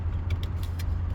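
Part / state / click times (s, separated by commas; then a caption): wiring connector into power window switch / not seated / none. A wiring connector is handled against the replacement power window switch in a Pajero car door, with light taps and rattles at about 0.3, 0.4, 0.6 and 0.8 seconds over a steady low hum. Nothing has seated or clicked yet; the clip ends before the connector goes home.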